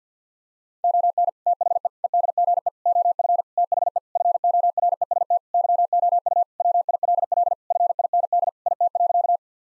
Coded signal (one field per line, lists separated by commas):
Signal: Morse code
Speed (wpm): 50 wpm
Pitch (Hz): 700 Hz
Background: none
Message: ON THE EDGE OF THE FOREST YOU WILL FIND IT.